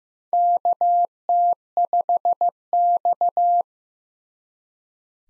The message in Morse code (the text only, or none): KT5X